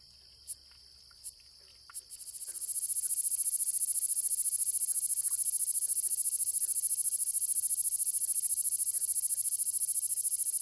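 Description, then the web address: Gladiator meadow katydid buzzing song: three brief clicks lead into a steady, very high, hissing buzz that continues to the end. "The Songs of Insects. Gladiator Meadow Katydid"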